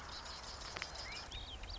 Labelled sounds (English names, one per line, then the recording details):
Marsh Wren
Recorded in Sonoma County, California